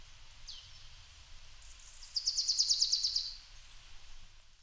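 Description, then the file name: Marsh tit call: a thin sliding note, then a rapid, evenly spaced series of buzzy high notes lasting about a second, over low steady background noise. "glanskop"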